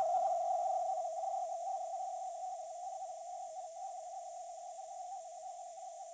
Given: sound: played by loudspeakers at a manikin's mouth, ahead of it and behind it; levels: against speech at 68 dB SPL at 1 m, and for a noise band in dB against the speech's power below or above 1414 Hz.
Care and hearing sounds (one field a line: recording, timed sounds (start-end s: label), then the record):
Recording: test signals for a remote microphone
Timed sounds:
0.00-6.14 s: noise band at 707 Hz, as loud as that band is in speech
From the record:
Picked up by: remote microphone B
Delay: 24 ms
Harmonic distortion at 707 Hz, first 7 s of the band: under -29 dB